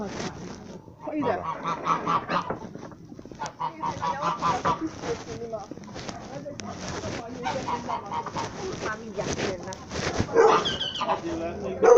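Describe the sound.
A dog barks repeatedly amid a busy mix of honking fowl and people talking during a pig slaughter, the sounds overlapping at a steady, moderate loudness throughout.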